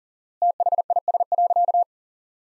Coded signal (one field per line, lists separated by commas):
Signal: Morse code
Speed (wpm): 40 wpm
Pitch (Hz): 700 Hz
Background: none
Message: THIS.